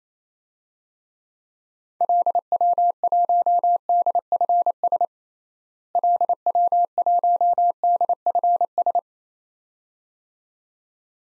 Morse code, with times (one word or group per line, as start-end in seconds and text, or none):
2.0-5.0 LW1DFS
6.0-9.0 LW1DFS